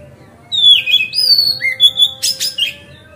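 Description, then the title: Magpie-robin song: long sweet whistles gliding down and up, then a lower rising whistle, ending in scratchy rasping notes and short twitters. Masteran song. "Kacer Masteran Teras"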